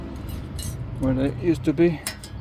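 Metal brake pad retaining clips are handled and pressed back toward their places on the caliper bracket of a Renault Talisman while someone talks, with light metallic clinks in the background. Nothing has seated or clicked into place yet.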